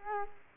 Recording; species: mosquito wingbeat signal from an infrared sensor; Culex quinquefasciatus